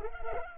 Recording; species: mosquito wingbeat signal from an infrared sensor; Culex pipiens